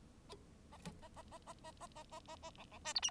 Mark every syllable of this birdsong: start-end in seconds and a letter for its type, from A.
0.71-0.78 A, 0.85-0.92 A, 1.02-1.08 A, 1.16-1.23 A, 1.31-1.38 A, 1.47-1.53 A, 1.64-1.72 A, 1.80-1.87 A, 1.95-2.04 A, 2.11-2.20 A, 2.28-2.36 A, 2.42-2.50 A, 2.57-2.64 B, 2.71-2.78 B, 2.85-2.93 C, 2.95-3.00 D, 3.02-3.11 E